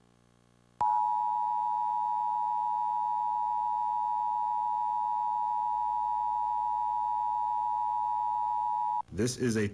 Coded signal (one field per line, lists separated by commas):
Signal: Emergency Alert System (SAME) tones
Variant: 853 and 960 Hz attention tone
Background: speech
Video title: WPRI 12 EAS MONTHLY TEST